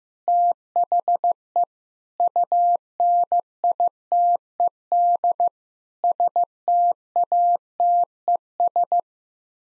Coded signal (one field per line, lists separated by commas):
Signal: Morse code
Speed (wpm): 15 wpm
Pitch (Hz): 700 Hz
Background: none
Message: THE UNITED STATES